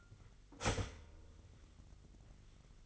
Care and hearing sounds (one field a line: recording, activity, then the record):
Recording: daily activity, microphone in the room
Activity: start toaster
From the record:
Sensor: 4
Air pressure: 1002.7 hPa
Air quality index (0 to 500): 234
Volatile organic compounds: 16 ppm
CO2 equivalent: 2538 ppm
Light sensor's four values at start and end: 20/68/25/25 and 18/60/22/21